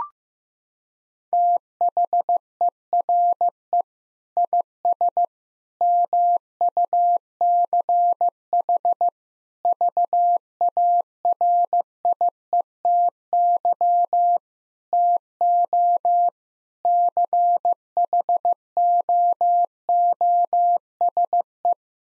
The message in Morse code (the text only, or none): THERE IS MUCH VARIETY TO CHOOSE